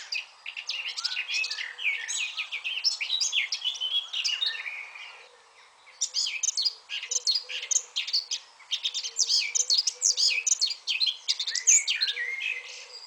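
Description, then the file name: Eurasian blackcap singing two long bursts of hurried, chattering warble separated by a short pause, with varied whistled and scratchy notes throughout. "Sylvia atricapilla"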